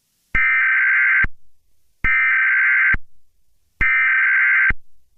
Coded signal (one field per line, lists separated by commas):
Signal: Emergency Alert System (SAME) tones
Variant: header bursts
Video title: EAS Scenario #40: A Race Against Time